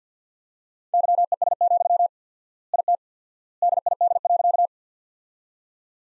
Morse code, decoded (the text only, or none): YES, IT DID.